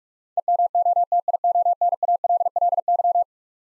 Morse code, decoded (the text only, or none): EMOTIONALLY